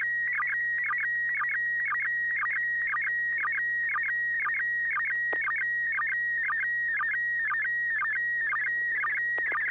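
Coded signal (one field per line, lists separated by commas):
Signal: SSTV (slow-scan television)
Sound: steady whistling tone broken by quick regular warbling chirps about twice a second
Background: low hum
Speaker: here we go let's see if it works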